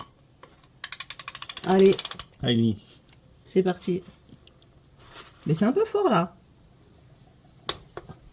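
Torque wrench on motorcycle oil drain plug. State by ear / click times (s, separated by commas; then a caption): torque reached / 7.7 s. A torque wrench set to 29 N·m slowly tightens a motorcycle oil drain plug fitted with a new seal, with a quick run of ratcheting clicks near the start while someone talks. At 7.7 s the wrench gives its sharp click as it reaches the setting, and the turning stops.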